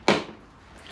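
A plastic clip on a partly popped-out trim panel on a Subaru Forester Turbo is pushed back into the car body. It snaps back in with a sharp click at 0.1 s, and a softer noise follows near the end. The panel is seated.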